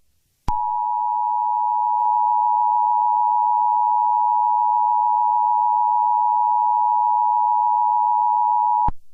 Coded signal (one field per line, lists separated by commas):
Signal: Emergency Alert System (SAME) tones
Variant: 853 and 960 Hz attention tone